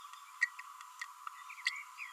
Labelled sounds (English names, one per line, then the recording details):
Green-rumped Parrotlet babbling
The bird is a female
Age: 32 days
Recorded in a nest box in Venezuela
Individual 17B32A7